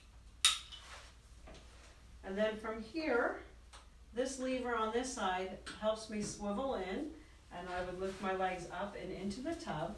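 A safety belt tongue is pushed into the buckle on a swivel bathtub bench after sitting down, giving one sharp click at 0.4 s that seats the buckle shut. Afterwards someone talks while a lever on the side swivels the bench in and the legs are lifted into the tub.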